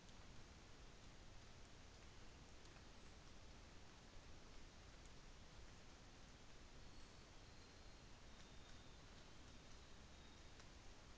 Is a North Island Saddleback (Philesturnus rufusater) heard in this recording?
no